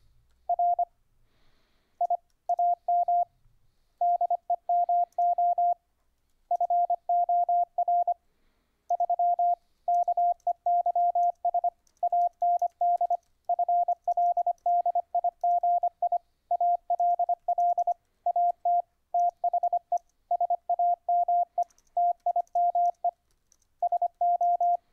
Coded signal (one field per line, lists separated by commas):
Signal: Morse code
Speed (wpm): 25 wpm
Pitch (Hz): 700 Hz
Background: radio noise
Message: R I AM DEMO FOR 3 KEYS AND FLDIGI ALL AT THE SAME TIME SO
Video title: Setup Dahdidah keyer on UBUNTU 12.04 using WINE